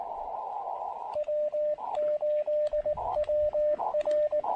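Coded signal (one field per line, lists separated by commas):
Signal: Morse code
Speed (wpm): 19 wpm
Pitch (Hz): 600 Hz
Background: radio noise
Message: W8WR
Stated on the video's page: QRP activation at a state forest using an Elecraft KX2 with AX1 antenna.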